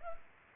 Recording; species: mosquito wingbeat signal from an infrared sensor; Culex pipiens